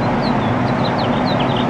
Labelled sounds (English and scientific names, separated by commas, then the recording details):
House Finch (Haemorhous mexicanus) song
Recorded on Long Island, New York, on 13 June 2011
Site MH
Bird B